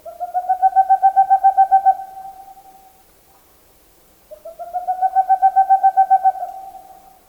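Boreal Owl hooting in two quick staccato runs of evenly spaced low notes, each run swelling and then trailing off, separated by a short quiet.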